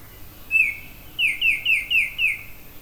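Oriole singing a single sharp downslurred whistle, a short pause, then five more falling whistled notes in a rapid, even row.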